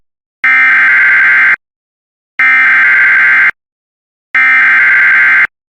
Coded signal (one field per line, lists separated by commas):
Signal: Emergency Alert System (SAME) tones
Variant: header bursts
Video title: Severe Thunderstorm Warning for Beaufort, Martin and Pitt, NC (EAS #210)